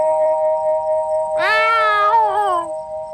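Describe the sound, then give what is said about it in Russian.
An Angora cat, standing on its hind legs in front of a car, gives one long, drawn-out meow that rises, holds, then wavers downward before trailing off, heard over a steady background hum with no voices. “Прямо перед машиной на задних лапах стоял кот ангорский, выставив вперед тощий живот.”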